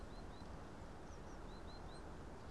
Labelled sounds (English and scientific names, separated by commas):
Great Tit (Parus major)